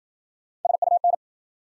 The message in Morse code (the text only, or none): SUN